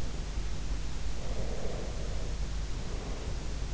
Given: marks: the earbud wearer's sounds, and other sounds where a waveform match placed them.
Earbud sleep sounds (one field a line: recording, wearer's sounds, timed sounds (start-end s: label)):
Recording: sounds in sleep by an in-ear microphone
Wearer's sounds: breath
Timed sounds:
1.02-3.32 s: breath